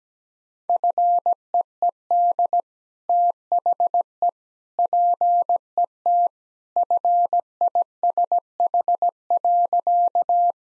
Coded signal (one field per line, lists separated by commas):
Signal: Morse code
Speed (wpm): 17 wpm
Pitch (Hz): 700 Hz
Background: none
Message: FEED THE PET FISH.